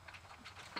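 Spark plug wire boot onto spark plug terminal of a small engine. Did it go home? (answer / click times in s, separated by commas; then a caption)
no / none. A rubber spark plug wire boot with a metal clip inside is being handled and pushed toward the spark plug terminal of a Ferris mower's small engine. Only faint, low-level handling noises are heard, with a slightly louder rustle near 0.8 seconds. Nothing has seated or clicked yet.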